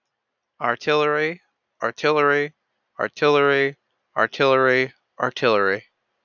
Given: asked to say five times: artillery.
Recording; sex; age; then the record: repeated word; male; 20 to 29 years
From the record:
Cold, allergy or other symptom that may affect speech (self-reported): no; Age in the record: 28 years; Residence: New York, United States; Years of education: 16